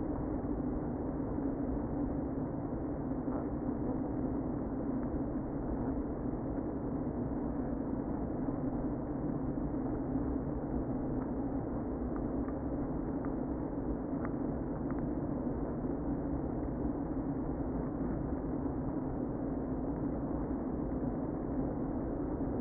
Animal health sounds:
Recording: honeybee colony, microphone inside the hive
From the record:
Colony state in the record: queen present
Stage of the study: before two queens were removed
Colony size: about 60,000 bees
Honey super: yes

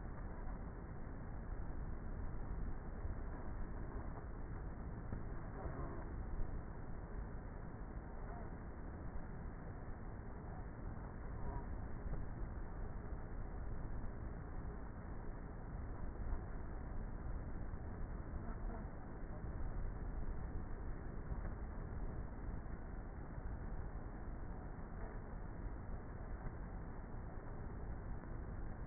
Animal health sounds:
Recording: honeybee colony, microphone inside the hive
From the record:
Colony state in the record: queenless with a low population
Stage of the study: before two queens were removed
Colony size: about 30,000 bees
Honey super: no

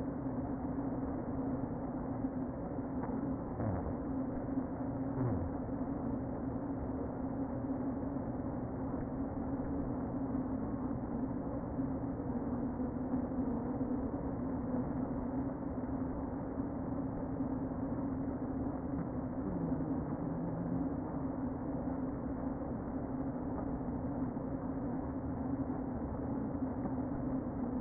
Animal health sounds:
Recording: honeybee colony, microphone inside the hive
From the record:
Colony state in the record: queen present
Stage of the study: before two queens were removed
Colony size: about 60,000 bees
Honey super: yes

